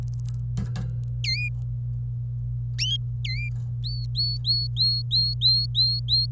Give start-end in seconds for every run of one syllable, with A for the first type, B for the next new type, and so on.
1.24-1.48 A, 3.84-6.26 B